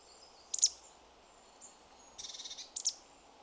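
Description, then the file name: Marsh tit calling: a sharp high note, then a brief run of rapid repeated notes, followed by another sharp call. "Poecile palustris"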